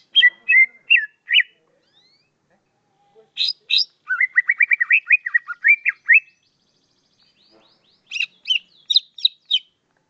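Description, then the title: Leafbird singing: bursts of sharp chirps and slurred whistles, a quick run of rising notes in the middle, then a cluster of high chips near the end. "CUCAK IJO"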